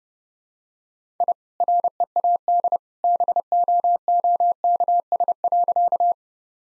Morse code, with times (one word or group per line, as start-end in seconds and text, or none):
1.2-1.3 I
1.6-2.8 READ
3.0-6.1 BOOKS.